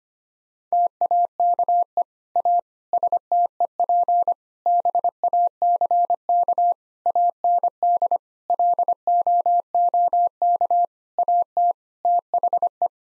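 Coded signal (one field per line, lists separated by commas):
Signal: Morse code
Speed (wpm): 25 wpm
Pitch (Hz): 700 Hz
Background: none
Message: TAKE A STEP BACK AND LOOK AT THE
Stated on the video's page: Morse practice set at 25 wpm: sentences of common eight-word phrases for head-copy drill.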